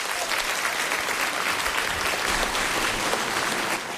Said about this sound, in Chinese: 谢谢亲爱的观众， 谢谢您热烈的掌声对我们的鼓励， 也和我们一起缅怀刘宝瑞大师。